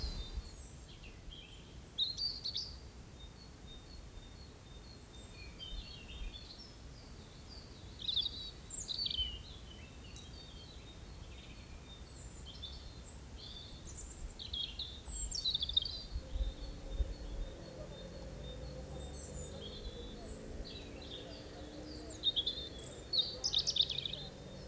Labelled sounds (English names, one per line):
European Robin song